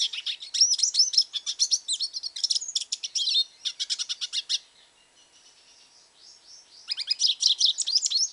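Hooded siskin song, fast high twitters and buzzy trills for about four seconds, a quiet gap with faint notes, then the twittering resumes near the end.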